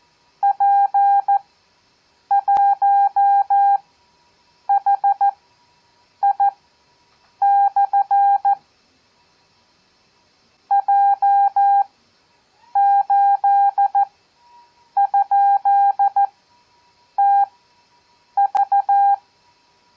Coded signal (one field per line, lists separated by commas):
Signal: Morse code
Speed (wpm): 14 wpm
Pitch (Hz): 800 Hz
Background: none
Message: P1HI/ J8?TV